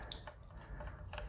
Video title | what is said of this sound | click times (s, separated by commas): Rebuilding & UPGRADING the Factory SAAB Fuel Pump Assembly | that in there that is nice and locked into place so that does it for this portion | 0.1 s